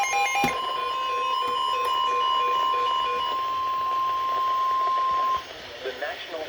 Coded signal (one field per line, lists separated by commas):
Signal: Emergency Alert System (SAME) tones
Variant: 1050 Hz attention tone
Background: speech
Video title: ZERO PRODUCTIVITY AHAHAHAHA (eas alerts from July 21 and 22 2026)